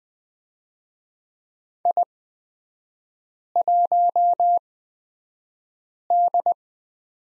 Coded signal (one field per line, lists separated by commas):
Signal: Morse code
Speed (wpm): 20 wpm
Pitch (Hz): 700 Hz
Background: none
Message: I1D